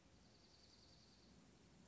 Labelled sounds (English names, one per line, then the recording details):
Dark-eyed Junco
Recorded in Sonoma County, California